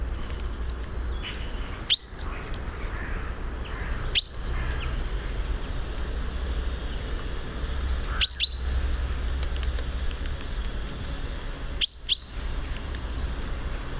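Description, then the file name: Common chaffinch giving many short high notes in a steady series, with a few sharp clicks and a low rumble. "Fringilla coelebs"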